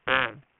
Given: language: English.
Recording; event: throat vibration sensor signal played as sound; speech